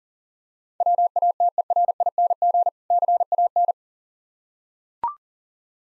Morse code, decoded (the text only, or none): WATERING CAN